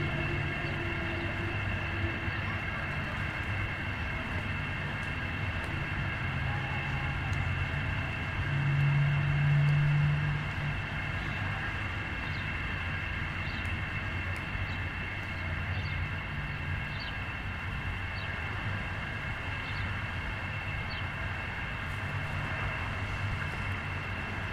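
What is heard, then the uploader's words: A sound walk through East River Park in New York City, filled with a steady, dense roar of vehicle traffic. A low rumble swells briefly around the eight-to-ten-second mark, and faint light ticks and clicks surface over the constant drone later on. An East River Park Sound Walk in New York. The sound of a single recording made while circling the park. East River Park Sound Walk, New York City.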